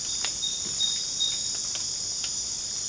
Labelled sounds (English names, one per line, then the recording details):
none
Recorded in dense forest near Puerto Asís, Putumayo, Colombia, on 8 March 2025 at 00:30
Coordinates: 0.486, -76.317
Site G053